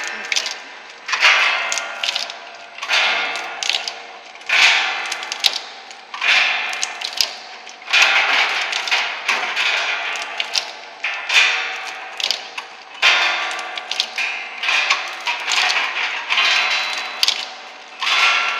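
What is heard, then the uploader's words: An automatic raw cashew nut cutting machine runs in a repeating cycle, with bursts of dense, bright clattering and ticking roughly every one and a half to two seconds. Each burst swells and fades before the next, with brief quieter gaps between. The sound is mostly mid to high pitched. Amazing Cashew nut shelling machine. Automatic Raw Cashew nut cutting machine.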